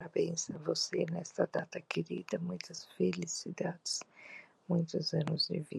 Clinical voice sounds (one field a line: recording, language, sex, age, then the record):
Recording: short text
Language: Brazilian Portuguese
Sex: female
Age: 50 to 59 years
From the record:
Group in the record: control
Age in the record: 51 years